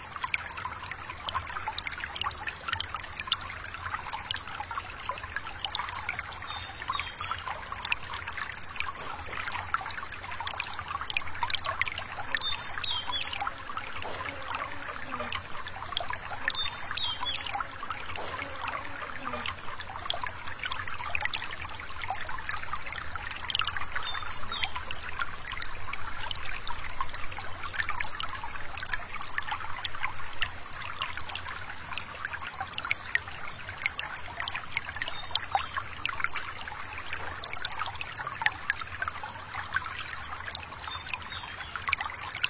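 A small forest stream trickles and babbles steadily throughout, bright, with dense fine splashing that never lets up. A faint low buzz drifts past around the middle, likely the bee, and a soft steady hum sits underneath.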